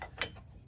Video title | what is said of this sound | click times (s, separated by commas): Best TRAILER HITCH - Truck and Trailer Prep | Put this through here lock it into place. | 0.2 s